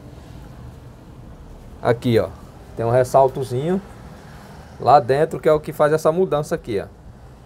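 A small mode-change selector piece is handled over a small ridge inside a drill housing while someone talks over a steady low background hum. The clip ends before the piece goes home, and nothing has seated or clicked yet.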